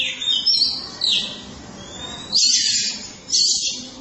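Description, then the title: Oriental magpie-robin song of high, harsh, scratchy bursts with a thin whistle, in several separated phrases. Chirping song (kicauan) of the bird. "Suara Kicauan Burung Kacer Durasi Panjang"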